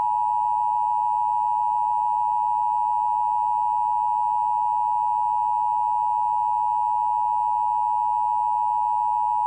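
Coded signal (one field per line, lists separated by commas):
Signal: Emergency Alert System (SAME) tones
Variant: 853 and 960 Hz attention tone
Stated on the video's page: Emergency Broadcast System test aired on a public television system.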